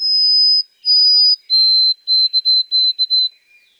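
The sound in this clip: White-throated sparrow song: two long, clear whistles on a high pitch, then a slightly lower note followed by a quick run of short, even whistled notes.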